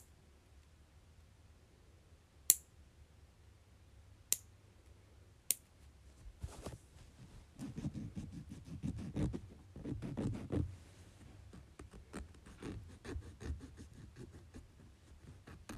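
Fingernails are clipped and filed. Three sharp, bright clicks come at about 2.5, 4.3 and 5.5 seconds, like nail clipper snaps. From about 6.5 seconds on, a dense, rough scraping of filing runs in uneven strokes, strongest around 8 to 11 seconds, then thins into scattered scrapes.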